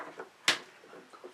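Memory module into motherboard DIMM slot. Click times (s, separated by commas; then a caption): 0.5 s. A memory module is pressed into a motherboard DIMM slot until the plastic retention clip snaps shut. One sharp, bright click at 0.5 s rises well above a low background of faint rustling and handling noise, with a few softer taps after it. The module is seated.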